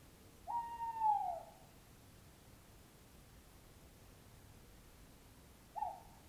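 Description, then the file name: Owl hooting: a drawn-out, slightly falling tonal hoot about a second long, then a long quiet gap and a short clipped hoot near the end. "chouette"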